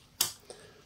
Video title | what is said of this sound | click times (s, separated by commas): Rollei Magic, loading with 120 film | same on the other side you heard it click | 0.2 s